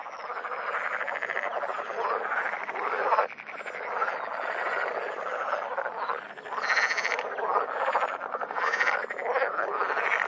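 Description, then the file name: Water frog in a dense, continuous chorus of overlapping rattling, pulsed croaks that swell and dip throughout. "grenouille verte"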